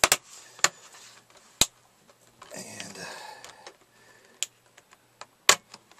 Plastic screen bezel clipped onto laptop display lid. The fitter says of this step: But if you hear little snapping noises, its normal.